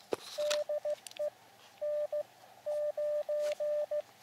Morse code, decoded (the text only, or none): DE N9